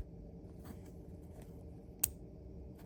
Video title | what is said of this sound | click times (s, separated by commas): Deutsch DT Connector Intro | That click there, you see come through to the front. | 2.0 s